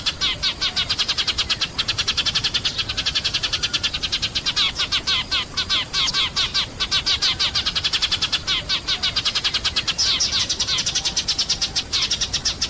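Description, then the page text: Eurasian tree sparrow calling nonstop with quick, sharp chips packed closely together, forming an almost continuous rattling chatter throughout. Call described as the 'nembak' style of the sparrow's voice. "suara burung gereja nembak"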